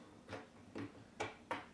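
A plastic hose clamp ring on the sump hose connection of a Samsung dishwasher is rotated to the right, making a few soft plastic rubbing bursts near 0.3 and 0.8 seconds. Two sharp clicks follow at 1.2 and 1.5 seconds as the ring locks into place.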